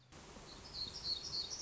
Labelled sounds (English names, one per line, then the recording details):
Black-throated Gray Warbler
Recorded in Sonoma County, California